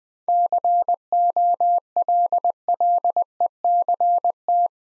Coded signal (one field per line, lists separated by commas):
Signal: Morse code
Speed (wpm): 20 wpm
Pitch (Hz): 700 Hz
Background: none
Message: COLLECT